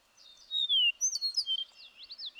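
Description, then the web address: Bird song: a sustained sequence of clear whistled notes, a long falling slur followed by rising and falling sweeps and a few quick repeated notes at the end. "birdsong 162"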